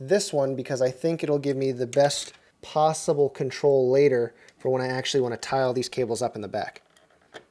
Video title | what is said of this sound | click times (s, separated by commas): How to Build A PC Full Tutorial | So you plug, go it in all the way. I heard it pop, or not pop, but snap into place. | 7.0 s